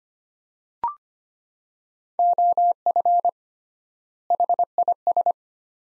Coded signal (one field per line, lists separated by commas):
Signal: Morse code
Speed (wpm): 25 wpm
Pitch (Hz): 700 Hz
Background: none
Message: OF HIS